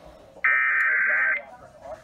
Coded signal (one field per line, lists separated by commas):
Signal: Emergency Alert System (SAME) tones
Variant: header bursts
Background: speech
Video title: KTWV and KRTH Required Weekly Tests (EAS #3257-3260) 2/4/21